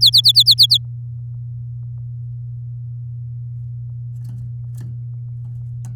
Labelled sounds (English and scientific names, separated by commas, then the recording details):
Domestic Canary (Serinus canaria) song
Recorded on 7 May 2018 at 07:39
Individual llb16